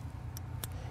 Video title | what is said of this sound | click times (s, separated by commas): Installing a Hunter I Core 2 wire controller 5/8 Inserting a decoder to a valve | want to hear that snap as well | 0.4 s, 0.6 s